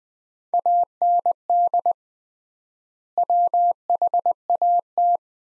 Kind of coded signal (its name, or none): Morse code